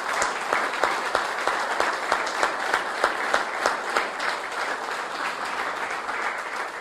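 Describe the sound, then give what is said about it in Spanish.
An audience applauds the university's digital journalism teachers, breaking into steady applause, a dense wash of many hands clapping at a fairly even loudness, with sharper individual claps standing out rhythmically throughout. “Para ellos nuestro agradecimiento, siempre los docentes, un aplauso.”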